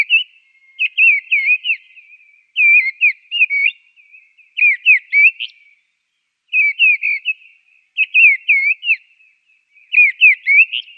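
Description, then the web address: Mistle thrush song of clear fluting phrases, several quick whistled notes per burst, delivered in a steady series with short gaps and occasional high, scratchy additions. "Schulze Peter Mistle Thrush song"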